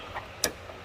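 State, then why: Seated. A plastic wiring plug or socket is pushed into the tail light housing during installation of F36 GTS-style tail lights on a 2019 BMW 440i xDrive Gran Coupe. A single sharp click is heard at 0.4 s over a quiet background, with a faint softer tick near 0.2 s. The plug seats.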